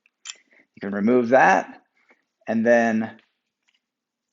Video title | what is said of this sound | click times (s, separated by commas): 2019+ Volkswagen Jetta 4-dr Sedan with Thule Evo Clamp + WingBar Evo Base Roof Rack Crossbars | handle which as you get to the final tightness it will click indicating it's fully tightened | 0.3 s